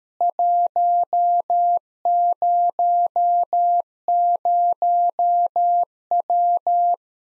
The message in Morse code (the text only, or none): 100W